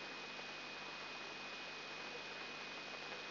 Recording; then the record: brain microelectrode recording played as sound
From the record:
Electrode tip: inside the subthalamic nucleus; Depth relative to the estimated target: -1 mm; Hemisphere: left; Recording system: AlphaMap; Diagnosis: Parkinson's disease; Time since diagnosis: 8 years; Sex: female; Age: 37 years